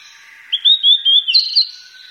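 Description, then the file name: Blue-and-white flycatcher song: a run of clear whistled notes, slurred and wavering, ending in a slightly higher twittered phrase. "ooruri"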